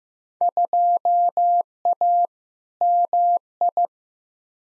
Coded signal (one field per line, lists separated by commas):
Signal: Morse code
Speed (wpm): 15 wpm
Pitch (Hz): 700 Hz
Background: none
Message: 2A MI